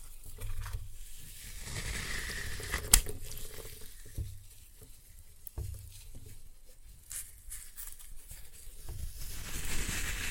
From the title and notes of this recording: Floral Foam Glitter Bomb Crushing.